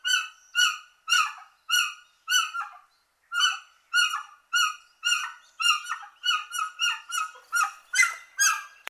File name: White winged guan